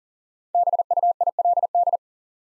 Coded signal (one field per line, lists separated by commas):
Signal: Morse code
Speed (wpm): 40 wpm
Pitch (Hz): 700 Hz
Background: none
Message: BUILD